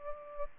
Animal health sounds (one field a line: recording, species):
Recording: mosquito wingbeat signal from an infrared sensor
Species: Aedes aegypti